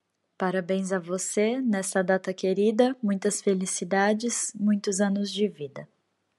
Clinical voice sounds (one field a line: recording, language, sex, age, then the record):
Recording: short text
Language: Brazilian Portuguese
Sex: female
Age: 30 to 39 years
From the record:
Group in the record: control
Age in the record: 32 years